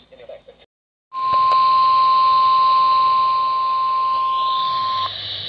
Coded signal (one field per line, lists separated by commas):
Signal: Emergency Alert System (SAME) tones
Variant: 1050 Hz attention tone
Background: speech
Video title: Weather At Night. Small EAS Alerts From 9/6/23 (EAS 319-322)